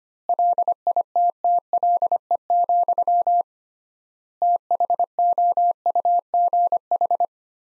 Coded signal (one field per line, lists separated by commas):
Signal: Morse code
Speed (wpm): 25 wpm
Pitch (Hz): 700 Hz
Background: none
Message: LITTLE, THOUGH